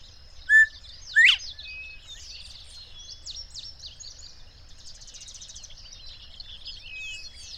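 Bird song opens with a flat whistle and a rising upsweep, followed by a steady chorus of high twittering chirps from several birds.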